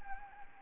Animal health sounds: mosquito wingbeat signal from an infrared sensor; Anopheles gambiae

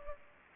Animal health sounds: mosquito wingbeat signal from an infrared sensor; Aedes aegypti

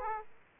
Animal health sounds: mosquito wingbeat signal from an infrared sensor; Aedes aegypti

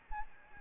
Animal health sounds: mosquito wingbeat signal from an infrared sensor; Aedes albopictus

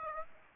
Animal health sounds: mosquito wingbeat signal from an infrared sensor; Aedes aegypti

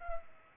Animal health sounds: mosquito wingbeat signal from an infrared sensor; Aedes aegypti

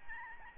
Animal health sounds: mosquito wingbeat signal from an infrared sensor; Aedes albopictus

